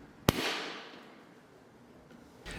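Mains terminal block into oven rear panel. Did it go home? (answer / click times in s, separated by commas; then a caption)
yes / 0.3 s. A new plastic mains terminal block is pushed onto the rear panel of a Hotpoint oven and clicks into place, seated. One sharp, loud click sounds at 0.3 s, followed by a fading hiss, then a short rise in noise near the end.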